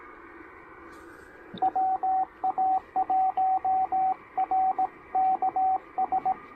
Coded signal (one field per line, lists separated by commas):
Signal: Morse code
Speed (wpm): 20 wpm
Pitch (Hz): 720 Hz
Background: radio noise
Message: WA1RKS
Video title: Pairing the Penntek TR-45L and Packtenna Random Wire for a casual 17 meter QRP POTA Activation!